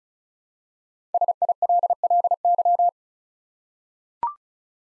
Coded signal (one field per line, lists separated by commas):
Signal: Morse code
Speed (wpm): 36 wpm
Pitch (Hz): 700 Hz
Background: none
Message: SILLY